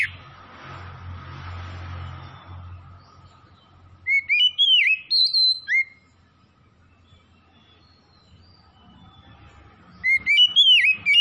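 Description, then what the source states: Oriental magpie-robin: songbird delivering a brisk burst of varied whistles and twangy notes, silence for several seconds, then another burst; low rumble at the start. Kacer from Tretes, singing vigorously (gacor).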